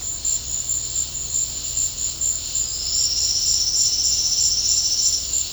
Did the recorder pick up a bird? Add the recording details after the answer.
no. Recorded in secondary vegetation near Puerto Asís, Putumayo, Colombia, on 19 March 2025 at 13:30. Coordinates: 0.484, -76.319. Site G010